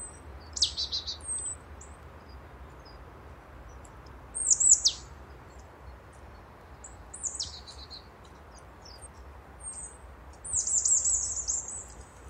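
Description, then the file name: Marsh tit calls: scattered high, steeply falling notes and short chattering bursts, closing with a rapid series of thin, high ripples over steady low background noise. "Poecile palustris"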